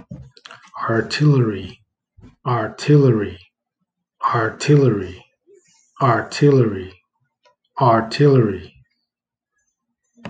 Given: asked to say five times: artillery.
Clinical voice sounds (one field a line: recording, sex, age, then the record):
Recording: repeated word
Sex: male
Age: 30 to 39 years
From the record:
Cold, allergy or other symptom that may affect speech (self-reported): no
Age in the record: 34 years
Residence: Hawaii, United States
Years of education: 12